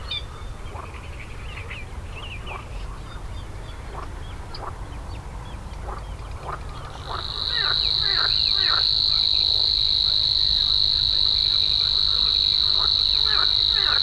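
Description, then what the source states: Savi's warbler starts its high, unbroken buzzing reel about halfway through and holds it to the end; scattered chattering and clicking notes run throughout. Monotonous reeling song, recorded at Slatina pond, Prague, Czech Republic, 16 June 2013, 21:31–21:35 CEST; breeds there regularly in small numbers, at least two breeding pairs in 2013.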